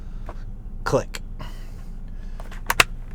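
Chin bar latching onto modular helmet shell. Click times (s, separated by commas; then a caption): 2.7 s, 2.8 s. The chin bar of an HJC IS-Max II modular motorcycle helmet is swung and pushed down until it latches onto its pins, and someone talks. Two sharp clicks at 2.7 and 2.8 seconds mark it locking solidly into place.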